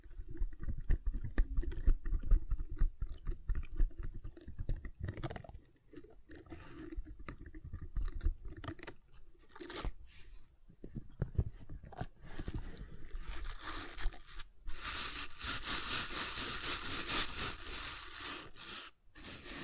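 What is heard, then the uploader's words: Gentle silicone sounds made of soft rubbing, squishing and tapping, with dense, rapid textures and brief pauses around five and nine seconds. After about fourteen seconds the handling turns brighter and more continuous, a steady scratchy rustle that runs nearly to the end. ASMR Gentle Silicon Sounds for Sleep (No Talking).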